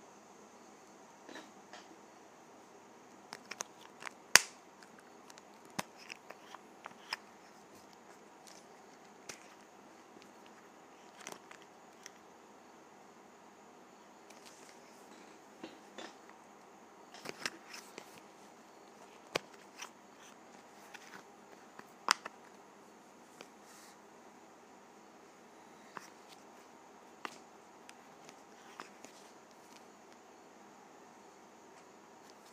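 Small clicks and taps from a lip gloss container being handled, scattered irregularly through the clip with a few sharper snaps near 4, 6, 17 and 22 seconds. Between them runs a quiet, steady hiss with a faint high whine.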